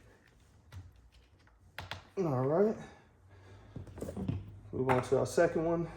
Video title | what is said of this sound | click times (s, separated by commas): How to install Spark Plug Wires on Your C6 Corvette - Edelbrock Ultra Spark 50 Ls1,Ls2,Ls3,Ls7,Ls9 | Put it on the top of the coil pack here until we hear it click. | 1.8 s